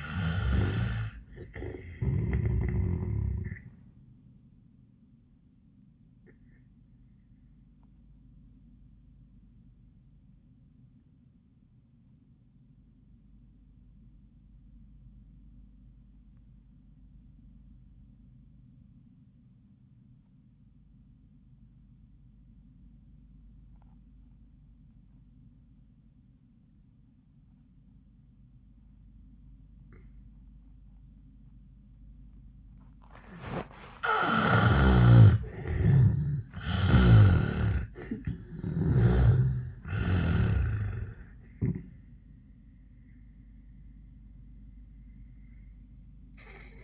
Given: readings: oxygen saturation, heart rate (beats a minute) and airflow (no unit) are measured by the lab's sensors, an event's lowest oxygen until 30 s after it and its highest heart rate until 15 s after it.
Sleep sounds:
breathing in sleep by a smartphone at the bedside; 1
7.00-35.90 s: obstructive apnea (N1, oxygen 95% highest, then 79% lowest, heart rate 87 at the start, 93 highest)
From the record:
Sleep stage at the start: N1 (lightest sleep); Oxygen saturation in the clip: 75 to 95%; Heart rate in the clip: 72 to 95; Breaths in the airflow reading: 4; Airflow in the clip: -26.2 to 8.9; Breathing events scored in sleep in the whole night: 400 in 8.7 hours asleep

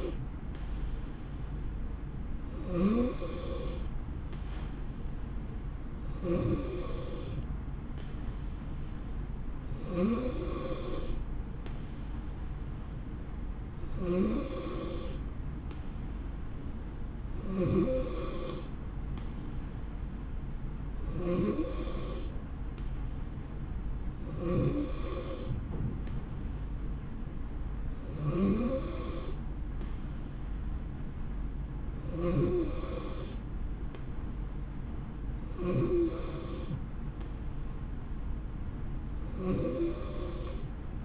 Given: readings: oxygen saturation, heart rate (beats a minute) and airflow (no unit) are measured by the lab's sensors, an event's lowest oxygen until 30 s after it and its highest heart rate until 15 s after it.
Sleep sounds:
breathing in sleep by a smartphone at the bedside; none
none scored
From the record:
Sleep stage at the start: N2 (light sleep); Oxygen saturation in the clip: 90 to 92%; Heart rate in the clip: 63 to 71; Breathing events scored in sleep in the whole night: 160 in 9.3 hours asleep

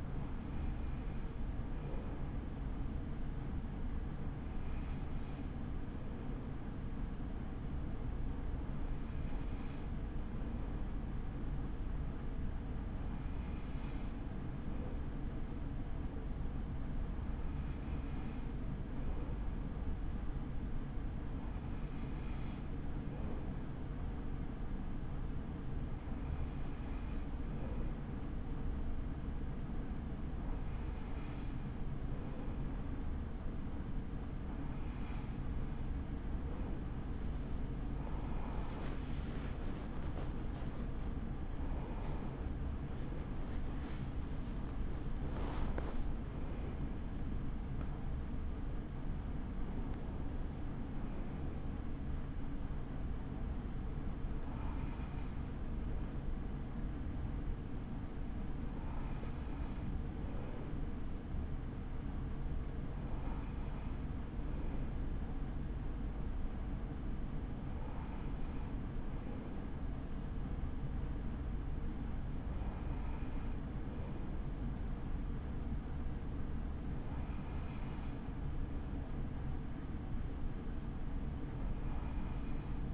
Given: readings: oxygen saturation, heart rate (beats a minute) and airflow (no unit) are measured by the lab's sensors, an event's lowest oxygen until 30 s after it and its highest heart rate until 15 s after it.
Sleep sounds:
breathing in sleep by a smartphone at the bedside; none
30.00-82.94 s: new sleep stage, N1 (lightest sleep)
From the record:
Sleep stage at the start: N2 (light sleep); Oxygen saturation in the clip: 94 to 96%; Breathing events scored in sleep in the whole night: 83 in 6.1 hours asleep

